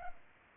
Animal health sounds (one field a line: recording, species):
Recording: mosquito wingbeat signal from an infrared sensor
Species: Culex pipiens